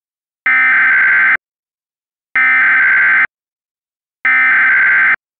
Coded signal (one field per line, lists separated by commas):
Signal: Emergency Alert System (SAME) tones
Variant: header bursts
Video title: EAS Recreation #2: PA Shelter In Place Warning (9/19/14-9/20/14)